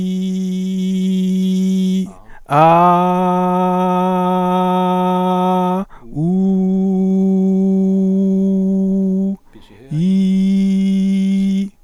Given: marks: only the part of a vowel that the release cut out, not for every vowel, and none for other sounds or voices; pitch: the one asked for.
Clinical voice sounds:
sustained vowels; male; 30 to 39 years; 0; 0; 0
0.00-1.86 s: vowel /i/, normal pitch
3.45-5.40 s: vowel /a/, normal pitch
7.07-9.01 s: vowel /u/, normal pitch
10.05-11.54 s: vowel /i/, high pitch
From the record:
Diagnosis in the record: recurrent laryngeal nerve paralysis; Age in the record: 37 years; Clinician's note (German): Phonatorisch voll kompensiert

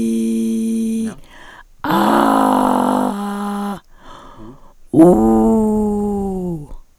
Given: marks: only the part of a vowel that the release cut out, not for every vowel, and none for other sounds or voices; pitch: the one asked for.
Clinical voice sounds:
sustained vowels; female; 60 to 69 years; 3; 3; 2
0.00-0.96 s: vowel /i/, normal pitch
2.24-3.63 s: vowel /a/, normal pitch
5.16-6.44 s: vowel /u/, normal pitch
From the record:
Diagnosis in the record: recurrent laryngeal nerve paralysis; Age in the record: 61 years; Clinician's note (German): Frische mit unvollständiger hyperfunktioneller Kompensation nach Elektrotherapie

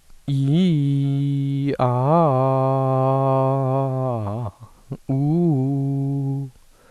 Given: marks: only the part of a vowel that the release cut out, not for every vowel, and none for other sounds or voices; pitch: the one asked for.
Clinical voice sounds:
sustained vowels; male; 18 to 19 years; 0; 0; 0
0.35-1.64 s: vowel /i/, low-high-low pitch
1.88-3.88 s: vowel /a/, low-high-low pitch
5.15-6.32 s: vowel /u/, low-high-low pitch
From the record:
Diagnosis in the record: healthy voice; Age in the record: 19 years

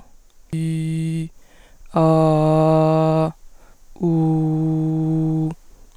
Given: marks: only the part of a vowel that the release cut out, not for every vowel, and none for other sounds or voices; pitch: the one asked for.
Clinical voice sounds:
sustained vowels; female; 20 to 29 years; 0; 0; 0
0.57-1.21 s: vowel /i/, low pitch
2.02-3.21 s: vowel /a/, low pitch
4.11-5.42 s: vowel /u/, low pitch
From the record:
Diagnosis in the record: healthy voice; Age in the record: 20 years

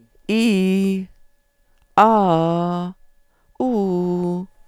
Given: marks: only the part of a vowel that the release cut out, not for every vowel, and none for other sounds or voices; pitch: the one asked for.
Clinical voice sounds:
sustained vowels; female; 50 to 59 years; 2; 2; 1
0.32-0.91 s: vowel /i/, low-high-low pitch
2.02-2.73 s: vowel /a/, low-high-low pitch
3.63-4.32 s: vowel /u/, low-high-low pitch
From the record:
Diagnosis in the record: psychogenic dysphonia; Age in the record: 55 years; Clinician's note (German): Funktionelle Komponente

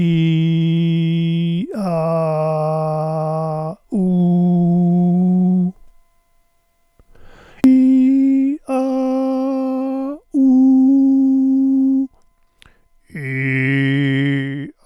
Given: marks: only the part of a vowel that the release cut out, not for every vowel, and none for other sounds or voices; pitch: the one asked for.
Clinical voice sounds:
sustained vowels; male; 60 to 69 years; 2; 1; 0
0.00-1.55 s: vowel /i/, normal pitch
1.88-3.65 s: vowel /a/, normal pitch
4.06-5.57 s: vowel /u/, normal pitch
8.80-9.90 s: vowel /a/, high pitch
10.38-10.88 s: vowel /u/, high pitch
13.26-14.40 s: vowel /i/, low pitch
From the record:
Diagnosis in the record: hyperfunctional dysphonia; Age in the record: 64 years

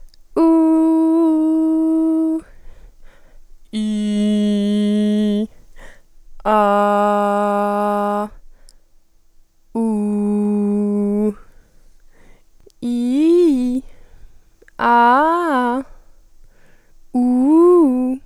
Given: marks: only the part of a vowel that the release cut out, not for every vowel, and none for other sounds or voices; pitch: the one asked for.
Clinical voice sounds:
sustained vowels; female; 20 to 29 years; 0; 0; 0
0.58-2.12 s: vowel /u/, high pitch
4.05-5.30 s: vowel /i/, low pitch
6.72-8.11 s: vowel /a/, low pitch
9.98-11.16 s: vowel /u/, low pitch
12.90-13.73 s: vowel /i/, low-high-low pitch
14.92-15.76 s: vowel /a/, low-high-low pitch
17.24-18.08 s: vowel /u/, low-high-low pitch
From the record:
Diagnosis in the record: healthy voice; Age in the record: 20 years

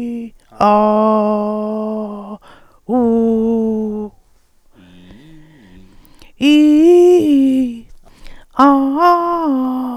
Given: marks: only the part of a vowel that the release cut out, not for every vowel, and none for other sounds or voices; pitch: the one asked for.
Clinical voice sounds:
sustained vowels; female; 60 to 69 years; 2; 0; 0
0.74-1.72 s: vowel /a/, low pitch
3.00-3.91 s: vowel /u/, low pitch
6.60-7.51 s: vowel /i/, low-high-low pitch
9.10-9.80 s: vowel /a/, low-high-low pitch
From the record:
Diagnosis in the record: recurrent laryngeal nerve paralysis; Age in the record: 61 years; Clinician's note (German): Fast paramedian, gute phonatorische Kompensation

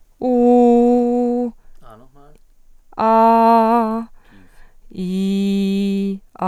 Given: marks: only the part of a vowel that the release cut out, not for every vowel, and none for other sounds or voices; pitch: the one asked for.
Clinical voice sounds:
sustained vowels; female; 20 to 29 years; 0; 0; 0
0.36-1.38 s: vowel /u/, high pitch
3.03-3.79 s: vowel /a/, high pitch
5.08-6.04 s: vowel /i/, low pitch
From the record:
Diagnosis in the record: healthy voice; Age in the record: 21 years

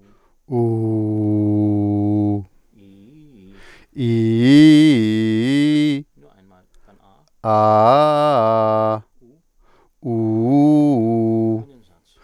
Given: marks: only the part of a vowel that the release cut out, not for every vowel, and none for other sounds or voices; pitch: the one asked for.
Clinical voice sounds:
sustained vowels; male; 40 to 49 years; 0; 0; 0
0.83-2.29 s: vowel /u/, low pitch
4.16-5.41 s: vowel /i/, low-high-low pitch
7.54-8.74 s: vowel /a/, low-high-low pitch
10.19-11.50 s: vowel /u/, low-high-low pitch
From the record:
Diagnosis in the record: healthy voice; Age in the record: 49 years

